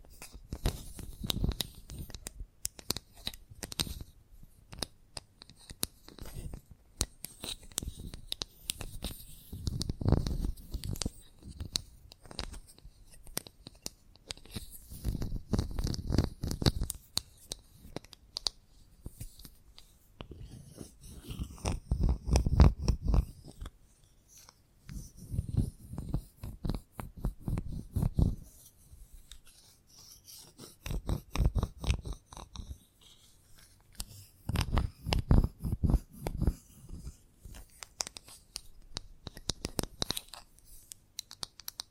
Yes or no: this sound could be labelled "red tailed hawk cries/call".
no